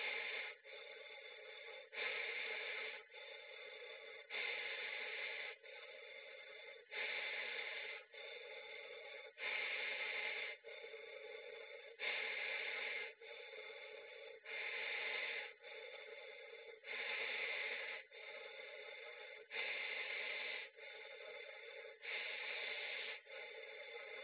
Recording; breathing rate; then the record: paced breathing near a phone; 24 breaths a minute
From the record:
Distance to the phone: 20 cm